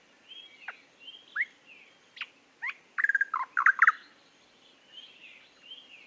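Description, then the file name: Eastern nicator giving a loud, rapid burst of rich, throaty notes around the middle, with thin downslurred notes and soft whistles before and after. "British Library - Eastern Nicator Nicator gularis"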